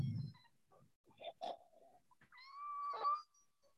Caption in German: Endexpiratorisches Giemen. Verlängertes Expirium. Und Brummen. Bei der COPD?